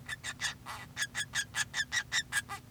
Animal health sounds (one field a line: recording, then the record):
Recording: song of a male Bengalese finch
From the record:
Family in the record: son of father 2